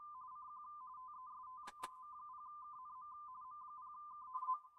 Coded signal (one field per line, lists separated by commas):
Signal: RTTY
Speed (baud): 45.45 baud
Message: CQ TEST M0KNM M0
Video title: M0KNM - CQ WW RTTY Contest 2025 27/09/25